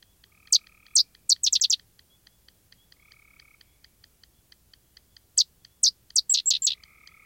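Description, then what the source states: Sedge wren giving dry, chattering bursts of rapid high notes in two runs, with steady rhythmic clicking and a soft trill underneath. Dry, chattering night song; the species prefers grassy or sedgy marshes of the upper Midwest and Canada; gray tree frog trills and yellow rail clicking alongside.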